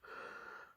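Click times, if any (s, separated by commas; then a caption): none. A medium-sized ink cartridge is pushed onto the nib section of a white metal Jinhao 211 fountain pen. Only a faint, breath-like hiss is heard from about 0.05 s to 0.7 s, with no sharp click. The cartridge has not clicked in, so it is not pierced or seated.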